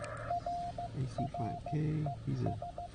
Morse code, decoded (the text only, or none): RRES